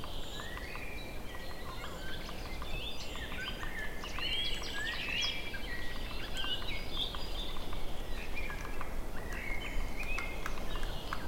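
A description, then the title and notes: Birds chirp and sing continuously in a forest, several voices overlapping in bright, quick whistles and trills, busiest around the middle. Beneath them a steady low rush of wind runs throughout without rising or falling, fairly loud and even. Summer Birds In The Forest. Listen to the wind blowing through the trees and the birds chirping in this nature soundscape.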